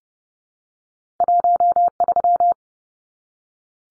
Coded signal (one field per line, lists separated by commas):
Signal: Morse code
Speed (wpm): 30 wpm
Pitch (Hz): 700 Hz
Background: none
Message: 13